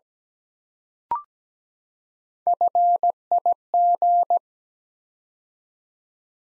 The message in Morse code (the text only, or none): FIG